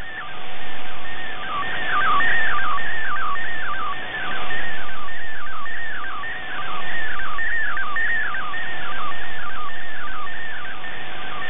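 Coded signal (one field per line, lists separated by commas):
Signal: multi-tone FSK (Olivia or MFSK type)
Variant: MFSK64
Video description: In this video it is MFSK64 for the image and MFSK32 for the concluding text after the image.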